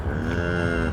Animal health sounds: contact call of a hoofed animal; cattle; low-frequency (closed-mouth) or high-frequency (open-mouth) call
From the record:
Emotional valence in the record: positive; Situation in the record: visual reunion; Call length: 0.94 s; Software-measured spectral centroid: 1400 Hz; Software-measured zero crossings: 1170 a second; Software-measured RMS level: -24 dBFS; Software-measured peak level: -10 dBFS

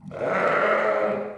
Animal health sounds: contact call of a hoofed animal; sheep; low-frequency (closed-mouth) or high-frequency (open-mouth) call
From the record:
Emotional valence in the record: negative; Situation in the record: short social isolation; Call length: 1.38 s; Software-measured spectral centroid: 1380 Hz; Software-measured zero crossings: 1610 a second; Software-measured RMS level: -24 dBFS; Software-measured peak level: -9 dBFS

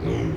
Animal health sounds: contact call of a hoofed animal; pig; closed-mouth grunt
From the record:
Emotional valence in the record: negative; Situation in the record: short social isolation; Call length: 0.37 s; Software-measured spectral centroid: 1310 Hz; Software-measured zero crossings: 800 a second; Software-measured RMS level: -24 dBFS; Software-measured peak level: -14 dBFS

